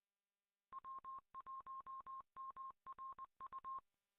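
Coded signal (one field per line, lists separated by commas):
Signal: Morse code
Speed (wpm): 20 wpm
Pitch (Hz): 1060 Hz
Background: none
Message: W1MRU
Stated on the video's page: Morse from an amateur radio Sunday net.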